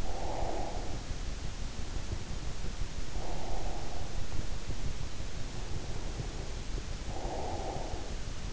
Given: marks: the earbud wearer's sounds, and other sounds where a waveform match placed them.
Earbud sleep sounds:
sounds in sleep by an in-ear microphone; breath
0.00-1.02 s: breath
3.05-4.13 s: breath
5.39-8.00 s: breath

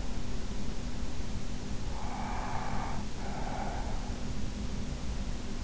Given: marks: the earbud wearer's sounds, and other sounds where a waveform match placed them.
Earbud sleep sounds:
sounds in sleep by an in-ear microphone; breath
1.90-4.19 s: breath

